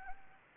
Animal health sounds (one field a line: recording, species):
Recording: mosquito wingbeat signal from an infrared sensor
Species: Anopheles arabiensis